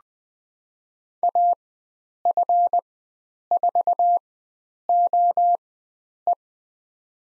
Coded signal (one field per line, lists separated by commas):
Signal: Morse code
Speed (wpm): 20 wpm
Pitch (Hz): 700 Hz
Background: none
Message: AF4OE